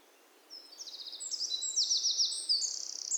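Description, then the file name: Eurasian wren song: after a brief quiet start, a rapid run of high, bright notes and fast trills that grows louder toward the end. "Troglodytes troglodytes"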